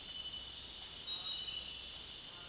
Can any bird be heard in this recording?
no